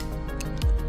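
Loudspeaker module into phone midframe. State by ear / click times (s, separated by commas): not seated / none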